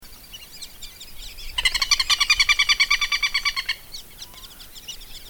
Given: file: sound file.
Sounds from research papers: Example 2 for short series of agitated alarm calls of V. chilensis flushed from its nest or close to it. Background (faint): other Southern Lapwings, D. autumnalis, and others. Recording station PPA001, 06 Jun. 2013, 14:15 h; unfiltered.

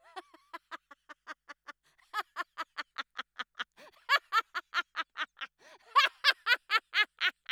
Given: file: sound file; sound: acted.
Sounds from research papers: Exemplar of taunting laughter.

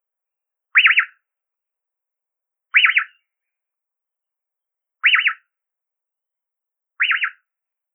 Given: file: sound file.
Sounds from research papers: The Yellow-breasted Boubou male song type High whee-oo produced as solo

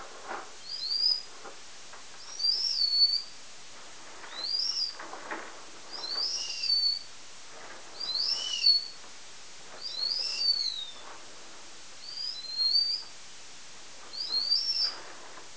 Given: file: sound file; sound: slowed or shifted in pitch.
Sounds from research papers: Example of adult BxD mouse song 8 months after deafening by cochlear removal.

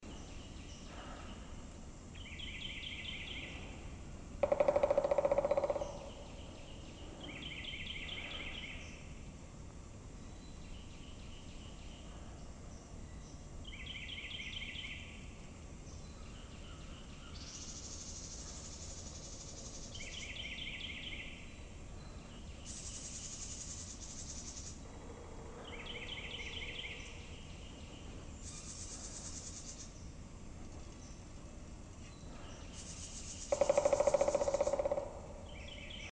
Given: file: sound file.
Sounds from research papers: Audio S1 contains four drumming events by nearby and distant Pileated Woodpeckers (Dryocopus pileatus).

